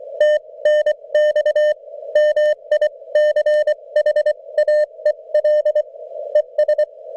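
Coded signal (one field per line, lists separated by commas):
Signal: Morse code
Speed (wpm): 24 wpm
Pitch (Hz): 590 Hz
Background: none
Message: TNX MICHAEL ES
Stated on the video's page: Parks on the Air test run from a new mobile station: Yaesu FT-891 with an ATAS-120A antenna.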